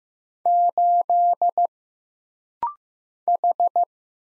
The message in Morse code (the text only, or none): 8 H